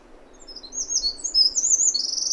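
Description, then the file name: Eurasian wren song, high rapid trills that start softly and grow louder, running to the end. "Troglodytes troglodytes"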